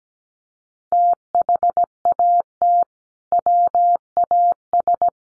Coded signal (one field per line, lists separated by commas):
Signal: Morse code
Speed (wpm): 17 wpm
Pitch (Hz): 700 Hz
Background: none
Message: THAT WAS